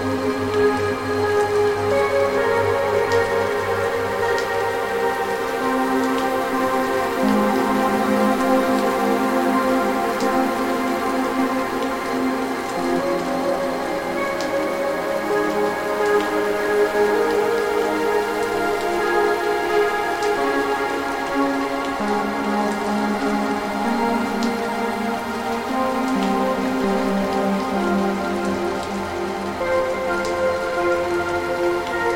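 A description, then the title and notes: Soft rain patters steadily under slow, sustained music whose low and middle tones drift and change, with faint drops ticking throughout. A Soothing Rainy Night & Peaceful Music. As the tranquil music intertwines with the rhythmic patter of raindrops.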